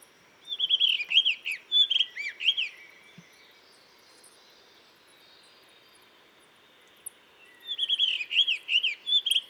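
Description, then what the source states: Blue rock thrush song: two fluting, warbled phrases of rapid looping notes around the same pitch, separated by about five seconds of quiet background hiss. On a cliff in the Dentelles de Montmirail, 12 March 2020, 7:25; sings all morning to mark territory, changing perches; Nagra seven with Telinga pro7.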